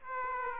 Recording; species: mosquito wingbeat signal from an infrared sensor; Aedes aegypti